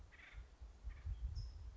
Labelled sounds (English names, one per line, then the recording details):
California Towhee
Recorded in Sonoma County, California